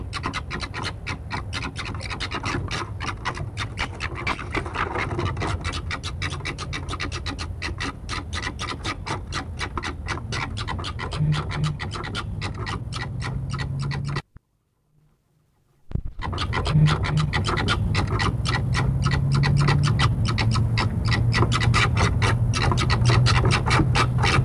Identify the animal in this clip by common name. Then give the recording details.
Corsac Fox. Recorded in captivity. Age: adult. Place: Tierpark Berlin, Berlin, DE. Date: 1961-09-18 19:15. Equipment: Minifon, Kopie Smaragd. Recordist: Tembrock, Günter